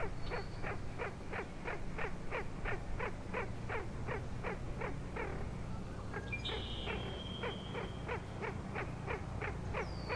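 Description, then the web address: Frog calls in a steady pulsed series, about three per second, with a brief gap; a high whistled note cuts in past the midpoint over low rumble. Frog chorus at Grafton Lake, recorded 3 May 2009. "The Frog Chorus Tunes Up On Grafton Lake"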